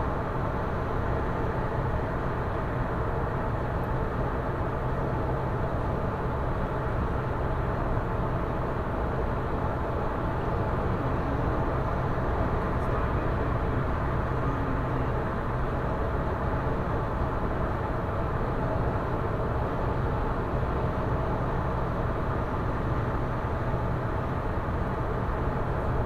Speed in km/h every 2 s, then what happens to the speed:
115, 116, 115, 115, 115, 115, 115, 115, 115, 115, 115, 116, 116.
0-26 steady at about 115.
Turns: none.